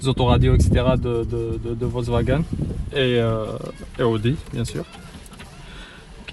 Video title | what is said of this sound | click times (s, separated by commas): Comment installer la caméra de recul pour la Audi Q3 8U ? | faut l'insérer jusqu'à ce qu'on entend ce clic ensuite il faut juste tirer c'est très simple | 5.3 s